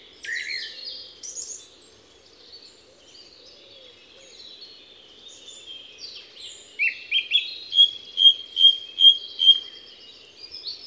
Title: Envirhôna, Les Avenières Veyrins-Thuellin, France - Grive musicienne